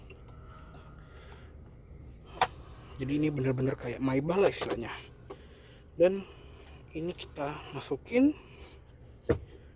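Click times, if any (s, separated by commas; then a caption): 9.3 s. A fold-out table at a rear seat of a 2020 Mercedes-Benz Vito Tourer by Lombardi (W447) van is pushed back into its stowage recess in the seat. Someone talks, with a sharp knock at 2.4 s. A single sharp click at 9.3 s marks the table seating in its stowed position so the cover can be closed again.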